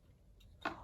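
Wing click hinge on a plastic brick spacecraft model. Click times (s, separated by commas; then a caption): 0.4 s, 0.7 s. The wing click hinge on a 2015 Lego Star Wars 75801 T-16 Skyhopper plastic brick spacecraft model is folded down two detent clicks to the pose shown in the instructions. A faint click sounds at 0.4 s, then a sharper, louder click at 0.7 s, and the hinge seats into that position.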